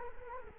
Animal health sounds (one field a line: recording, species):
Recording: mosquito wingbeat signal from an infrared sensor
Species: Culex quinquefasciatus